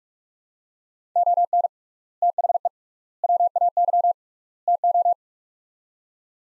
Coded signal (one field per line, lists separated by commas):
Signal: Morse code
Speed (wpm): 41 wpm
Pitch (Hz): 700 Hz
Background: none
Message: ON THE WAY TO